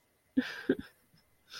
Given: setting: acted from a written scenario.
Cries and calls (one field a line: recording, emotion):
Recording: vocal sound without words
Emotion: sadness